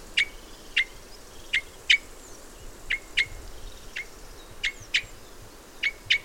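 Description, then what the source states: Red crossbill flight calls, sharp chips given singly or in quick pairs. Red crossbill of call type N.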